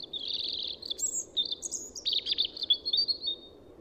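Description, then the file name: European robin song, thin high warbling with rapid trills and sudden pitch jumps, sweet and jumbled, over faint low background hiss. "Erithacus rubecula"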